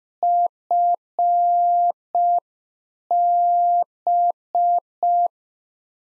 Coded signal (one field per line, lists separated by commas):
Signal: Morse code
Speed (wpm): 5 wpm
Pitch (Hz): 700 Hz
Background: none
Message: FB